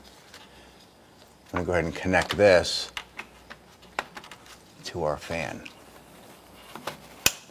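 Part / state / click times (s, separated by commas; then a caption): wiring harness connector into cooling fan connector / seated / 7.3 s. Someone talks while an engine wiring harness connector is pressed onto the radiator cooling fan's plastic connector, with a few faint handling taps along the way. A sharp, loud click at 7.3 seconds marks the connector seating.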